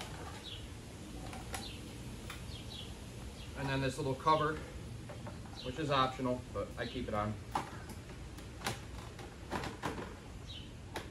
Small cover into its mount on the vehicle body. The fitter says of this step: locks into place